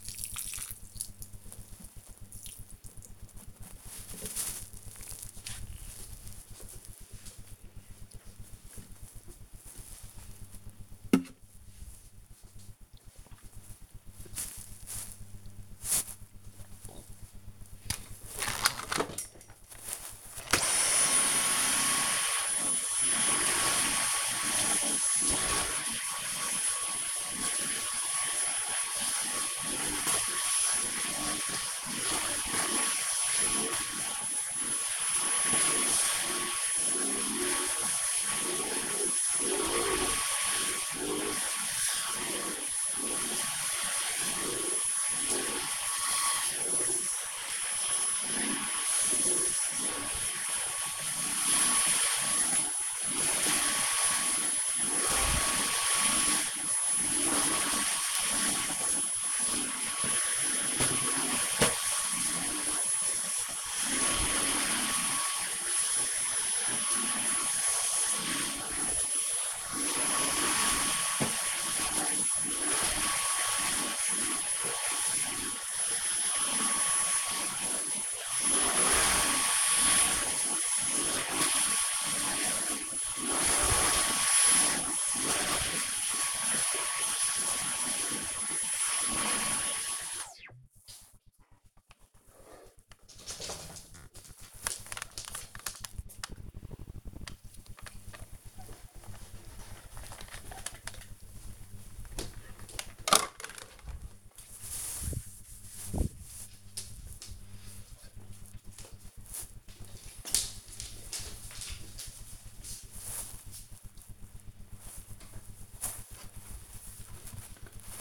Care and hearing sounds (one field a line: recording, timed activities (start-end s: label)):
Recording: household activities, microphone on the right wrist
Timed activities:
0.00-4.06 s: watering plant
17.13-90.58 s: vacuum cleaning
114.74-118.01 s: cutting vegetables